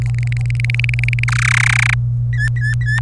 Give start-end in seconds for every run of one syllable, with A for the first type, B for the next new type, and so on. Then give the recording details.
0.02-1.24 A, 1.28-1.94 B, 2.33-2.99 C. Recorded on 27 April 2018 at 15:26. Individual llb3